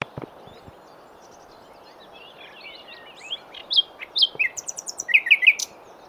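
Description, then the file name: Common nightingale song phrases, soft varied twittering that builds into louder, well-spaced whistled and chipped notes near the end, over faint background hiss. "Luscinia megarhynchos"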